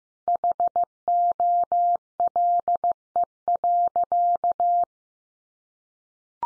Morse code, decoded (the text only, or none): HOLE.